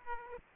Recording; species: mosquito wingbeat signal from an infrared sensor; Aedes aegypti